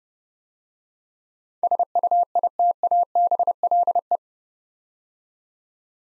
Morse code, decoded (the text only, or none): SUITABLE